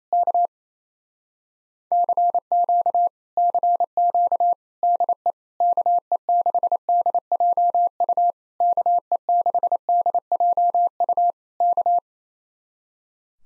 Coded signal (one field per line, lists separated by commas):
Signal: Morse code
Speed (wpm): 27 wpm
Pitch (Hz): 700 Hz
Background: none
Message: K CQ CQ DE KE6DJU KE6DJU K